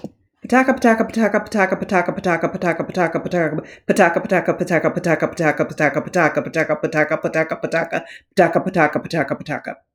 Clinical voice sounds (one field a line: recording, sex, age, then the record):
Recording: repeated syllables /pa ta ka/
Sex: female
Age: 50 to 59 years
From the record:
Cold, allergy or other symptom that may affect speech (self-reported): no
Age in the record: 50 years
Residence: Alabama, United States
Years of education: 16